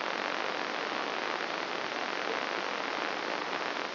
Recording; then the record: brain microelectrode recording played as sound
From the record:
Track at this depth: inside the subthalamic nucleus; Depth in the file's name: 3.167 mm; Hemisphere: left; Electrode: 3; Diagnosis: Parkinson's disease